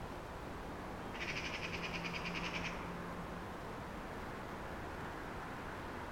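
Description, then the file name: Eurasian magpie gives one quick, harsh machine-gun rattle lasting about a second and a half, with a low steady hum around it and background noise throughout. "Pica pica"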